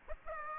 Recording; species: mosquito wingbeat signal from an infrared sensor; Aedes aegypti